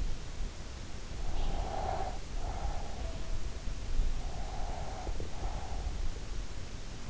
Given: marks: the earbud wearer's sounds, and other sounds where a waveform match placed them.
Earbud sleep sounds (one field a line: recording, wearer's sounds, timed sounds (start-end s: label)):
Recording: sounds in sleep by an in-ear microphone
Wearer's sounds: breath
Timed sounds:
1.05-3.28 s: breath
4.06-6.00 s: breath